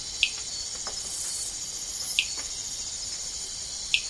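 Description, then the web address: Amazonian rain frog giving single clicky chirps roughly every two seconds against a constant shrill insect chorus. Recorded in the Ecuadorian Amazon. "Frogs of Ecuadorian Amazon Eleutherodactylus altamazonicus"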